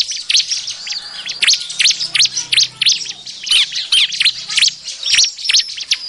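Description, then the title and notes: Bar-winged prinia calls: dense, high, sharp chirps and squeaky notes tumbling rapidly over one another, several strokes each second. Lure sound used to attract birds. "BURUNG CIBLEK MANCING LAINNYA. Suara Ciblek Pikat"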